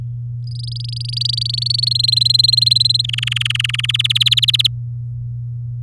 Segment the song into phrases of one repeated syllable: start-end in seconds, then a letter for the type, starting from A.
0.47-1.93 A, 1.95-3.02 B, 3.04-3.86 C, 3.88-4.67 D